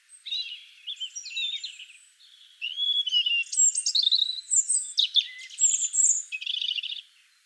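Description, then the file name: European robin song: a long, varied sequence of thin whistles, trills and scratchy high notes, each phrase changing pitch, grouped in loud bursts. "Erithacus rubecula"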